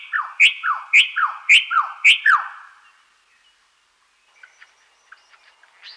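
Superb lyrebird giving a loud phrase of several falling, ringing notes repeated about every half second, followed by a pause and a few faint, scattered chips.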